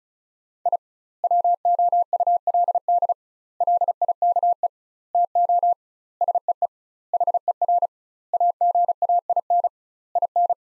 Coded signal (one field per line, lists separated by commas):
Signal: Morse code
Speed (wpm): 34 wpm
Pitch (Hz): 700 Hz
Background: none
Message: I WOULD LIKE TO SEE HER AGAIN IN